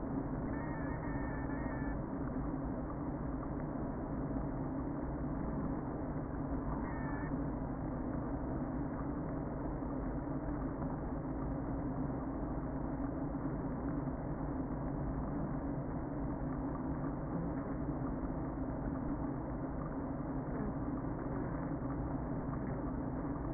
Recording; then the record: honeybee colony, microphone inside the hive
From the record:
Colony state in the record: queen present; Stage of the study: before two queens were removed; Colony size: about 60,000 bees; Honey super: yes